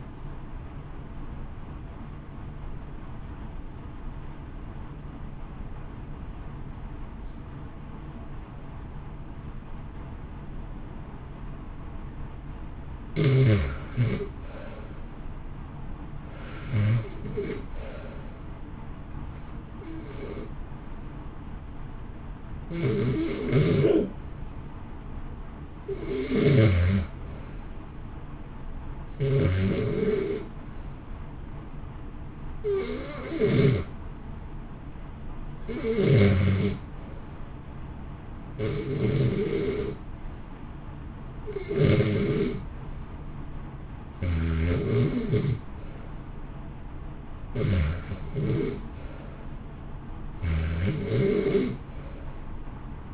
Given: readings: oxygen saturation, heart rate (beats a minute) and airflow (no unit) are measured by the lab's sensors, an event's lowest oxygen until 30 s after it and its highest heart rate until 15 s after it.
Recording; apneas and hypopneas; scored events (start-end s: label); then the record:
breathing in sleep by a smartphone at the bedside; 1
7.00-36.10 s: hypopnea (REM, oxygen 93% highest, then 81% lowest, heart rate 58 at the start, 71 highest)
From the record:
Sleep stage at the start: REM sleep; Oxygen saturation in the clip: 81 to 93%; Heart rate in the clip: 58 to 71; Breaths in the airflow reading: 23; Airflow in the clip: -0.9 to 1.7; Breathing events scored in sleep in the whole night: 328 in 6.3 hours asleep